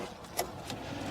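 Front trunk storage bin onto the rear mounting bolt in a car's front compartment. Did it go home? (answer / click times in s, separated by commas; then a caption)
yes / 0.4 s. The third mounting point at the back of a plastic frunk bin is pressed onto its rear bolt and snapped into place in the front compartment of an e-up!, Citigo or Mii. A sharp click at 0.4 s marks the bin seating, followed by a softer tick at 0.7 s over a low background hum.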